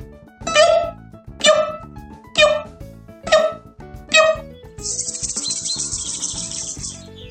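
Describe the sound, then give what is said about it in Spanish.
A chorus of small birds chirps outside a house door in five bright, evenly spaced bursts, each a quick falling tweet, followed by a steady, shrill high-pitched trill that carries on to the end. “Un desafinado coro de pajaritos recorrió sus oídos ni bien atravesó la puerta de su casa.”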